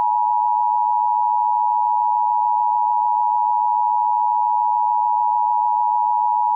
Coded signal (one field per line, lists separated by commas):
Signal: Emergency Alert System (SAME) tones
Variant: 853 and 960 Hz attention tone